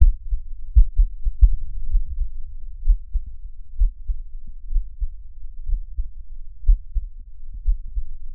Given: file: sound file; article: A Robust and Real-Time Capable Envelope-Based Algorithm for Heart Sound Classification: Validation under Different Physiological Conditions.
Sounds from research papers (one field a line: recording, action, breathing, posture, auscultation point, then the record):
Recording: heart sounds by electronic stethoscope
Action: rest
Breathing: normal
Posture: lying on left side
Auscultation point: Erb’s point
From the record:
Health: healthy, no known heart disease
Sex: male